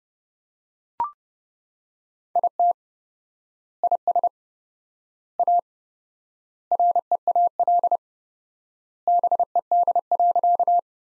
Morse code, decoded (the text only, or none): IT IS A REAL BED.